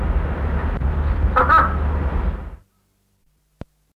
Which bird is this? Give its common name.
Squacco Heron